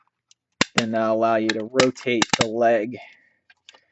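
A plastic leg section of a Transformers Masterpiece Ultra Magnus MP22 action figure is brought up during transformation and pegs into its socket in the figure's body, with a sharp click at 0.6 s as it seats. Someone talks afterward, and a few faint ticks follow near 3.5 s and 3.7 s.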